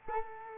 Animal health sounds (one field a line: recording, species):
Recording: mosquito wingbeat signal from an infrared sensor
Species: Culex quinquefasciatus